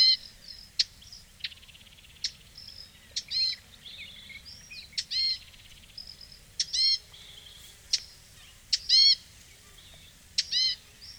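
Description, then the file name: Eurasian blackcap clicking tack calls repeated at irregular intervals, alongside nasal stacked calls and faint buzzy trilling. "Sylvia atricapilla"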